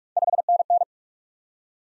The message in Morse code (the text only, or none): 5NN